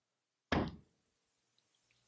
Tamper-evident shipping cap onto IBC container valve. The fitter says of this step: until the tamper evident shipping cap locks into place this completes the installation